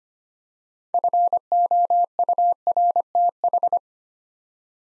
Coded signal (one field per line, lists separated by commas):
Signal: Morse code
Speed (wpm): 25 wpm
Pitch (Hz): 700 Hz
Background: none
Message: FOURTH